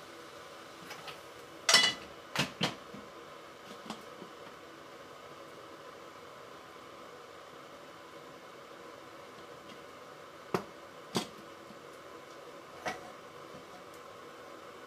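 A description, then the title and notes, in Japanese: Someone is making something in a kitchen: sharp clinks and knocks of utensils or dishes come in a cluster around the second and third seconds, then again near eleven and thirteen. A steady fan-like hum fills the room throughout. 環境音 朝、何作ったか忘れた。キッチンで何かを作っていた。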